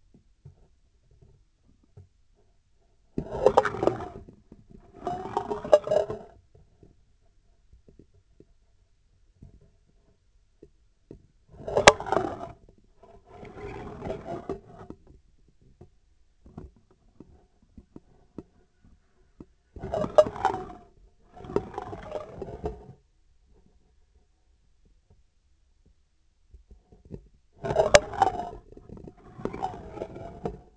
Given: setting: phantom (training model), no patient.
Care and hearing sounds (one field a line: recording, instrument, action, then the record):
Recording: laparoscopic instrument, vibration sensor on the handle end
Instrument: scissors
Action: approaching and retracting movements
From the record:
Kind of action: spatial motion